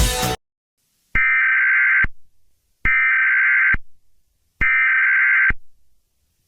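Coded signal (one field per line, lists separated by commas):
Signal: Emergency Alert System (SAME) tones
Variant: header bursts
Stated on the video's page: Simulated Halloween EAS scenario.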